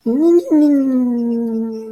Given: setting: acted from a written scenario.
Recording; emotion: vocal sound without words; adoration